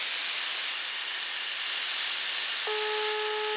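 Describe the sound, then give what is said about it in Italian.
Steady hiss of an open phone line, then a single steady ringback tone starts near the end and cuts off as the call goes unanswered. “No, negativo. Sta sempre squillando, ma non risponde.”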